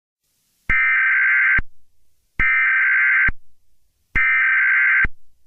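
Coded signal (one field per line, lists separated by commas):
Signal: Emergency Alert System (SAME) tones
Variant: header bursts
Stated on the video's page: Fictional EAS scenario, simulated alert about a killer clown rampage in London.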